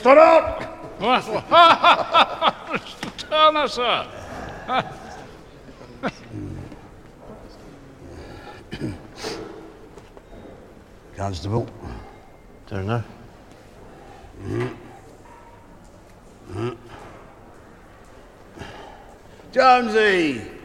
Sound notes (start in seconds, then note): 1.1 laughter; 3.4 grunts; 13.9 grunts